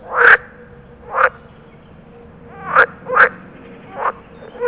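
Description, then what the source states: Water frog utters several harsh, rasping croaks at uneven intervals. Territorial call.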